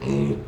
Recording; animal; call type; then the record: contact call of a hoofed animal; pig; closed-mouth grunt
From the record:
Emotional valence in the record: negative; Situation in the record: short social isolation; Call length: 0.48 s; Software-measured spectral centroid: 1490 Hz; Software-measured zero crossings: 720 a second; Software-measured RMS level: -24 dBFS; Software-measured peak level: -12 dBFS